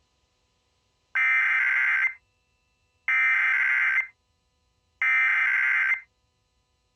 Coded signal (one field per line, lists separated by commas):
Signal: Emergency Alert System (SAME) tones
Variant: header bursts